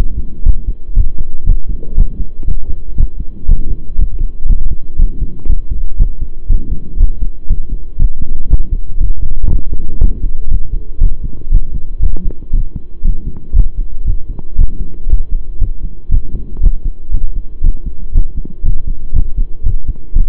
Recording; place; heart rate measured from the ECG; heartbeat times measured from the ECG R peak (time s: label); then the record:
heart sounds by stethoscope; between the tricuspid and mitral areas; 119 bpm
0.45 s: heartbeat
0.95 s: heartbeat
1.46 s: heartbeat
1.97 s: heartbeat
2.47 s: heartbeat
2.97 s: heartbeat
3.48 s: heartbeat
3.98 s: heartbeat
4.48 s: heartbeat
4.98 s: heartbeat
5.48 s: heartbeat
5.99 s: heartbeat
6.49 s: heartbeat
6.99 s: heartbeat
7.49 s: heartbeat
7.98 s: heartbeat
8.49 s: heartbeat
8.99 s: heartbeat
9.50 s: heartbeat
10.01 s: heartbeat
10.50 s: heartbeat
11.00 s: heartbeat
11.51 s: heartbeat
12.02 s: heartbeat
12.52 s: heartbeat
13.03 s: heartbeat
13.55 s: heartbeat
14.06 s: heartbeat
14.58 s: heartbeat
15.09 s: heartbeat
15.60 s: heartbeat
16.11 s: heartbeat
16.62 s: heartbeat
17.13 s: heartbeat
17.62 s: heartbeat
18.14 s: heartbeat
18.64 s: heartbeat
19.15 s: heartbeat
19.65 s: heartbeat
20.14 s: heartbeat
From the record:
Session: pedaling a stationary bicycle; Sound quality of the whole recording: saturated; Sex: male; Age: 23 years